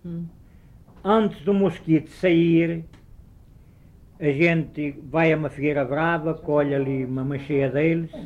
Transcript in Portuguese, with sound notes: Rhum.
Antes de o mosquito sair, [pausa] a gente vai a uma figueira brava, colhe ali uma mancheia deles,